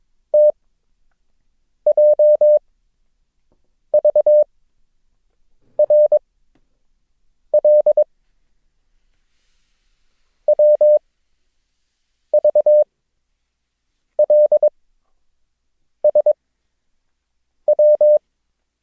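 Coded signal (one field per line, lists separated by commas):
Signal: Morse code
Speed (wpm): 22 wpm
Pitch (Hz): 600 Hz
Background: none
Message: TJVRL WVLSW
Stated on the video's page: Morse code lesson drill introducing the characters O, G and Q, with mixed-character transmissions.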